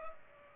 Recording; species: mosquito wingbeat signal from an infrared sensor; Culex pipiens